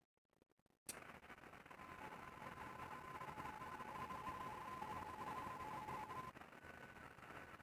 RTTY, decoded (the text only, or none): WK6I TU WW4LL CQ